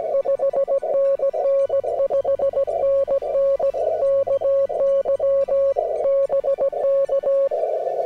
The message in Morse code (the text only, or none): 5NN 5NN KY BK